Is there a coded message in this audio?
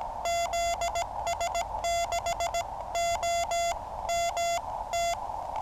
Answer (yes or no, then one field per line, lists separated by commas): yes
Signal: Morse code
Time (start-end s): 0.3-5.1 s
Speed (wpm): 18 wpm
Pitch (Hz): 680 Hz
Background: none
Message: ZS6OMT